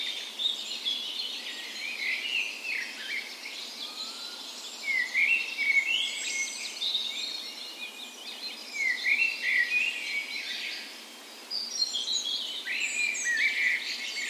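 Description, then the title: Many songbirds singing together at dawn, bright warbled phrases and chirps overlapping continuously with a brief lull near the eleventh second. Dawn chorus in a park west in Bergen, Norway, morning of 17 May, Norway's National Day, full spring; recorded with Sony PCM A10 and LOM Micro Usi microphones used as tree ears. "17th Of May Dawn Chorus"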